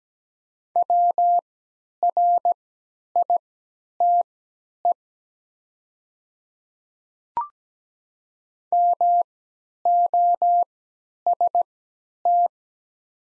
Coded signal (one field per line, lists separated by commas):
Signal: Morse code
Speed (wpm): 17 wpm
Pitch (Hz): 700 Hz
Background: none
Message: WRITE MOST